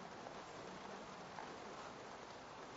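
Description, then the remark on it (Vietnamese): Rain falls in a steady, even hiss with faint patter and no breaks or voices, a soft continuous wash of sound throughout. “Cái hiên đó thiết lập ra để mà chúng ta có cơ hội ngồi nghe mưa thôi.”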